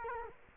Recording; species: mosquito wingbeat signal from an infrared sensor; Culex quinquefasciatus